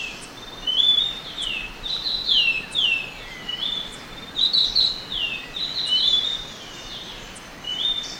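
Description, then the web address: Orange-bellied euphonia: a run of rapid, warbled high phrases, rising and falling, repeated almost continuously with short gaps. Ecuador. "Natures Songs S America Birds of Ecuador Orange-bellied Euphonia"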